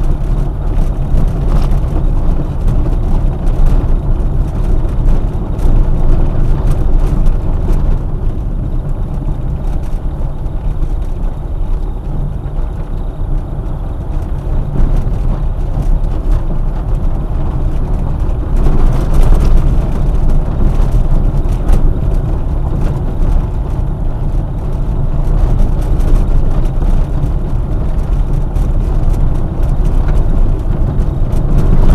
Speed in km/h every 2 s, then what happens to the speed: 25, 24, 25, 21, 19, 19, 23, 24, 24, 26, 27, 28, 27, 27, 28, 26.
0-10 slows to 19. 10-21 speeds up to 28. 21-32 steady at about 27.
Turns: none.